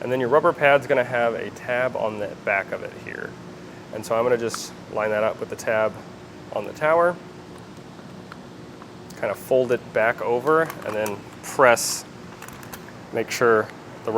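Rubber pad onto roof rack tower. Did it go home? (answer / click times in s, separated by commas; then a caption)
no / none. Someone talks while lining up the rear tab of a rubber foot pad with the tab on a Thule WingBar Evo roof rack tower for a 2023 Honda HR-V, then folding the pad back over to press it on. Light contact taps are heard around 8.3–9.1 s and 12.4–12.9 s. Nothing has seated or clicked yet; this is positioning only, before the press.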